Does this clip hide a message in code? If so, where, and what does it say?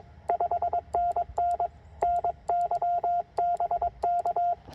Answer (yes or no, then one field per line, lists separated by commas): yes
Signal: Morse code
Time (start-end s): 0.3-4.5 s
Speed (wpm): 21 wpm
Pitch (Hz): 690 Hz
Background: none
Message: 5NN NY BK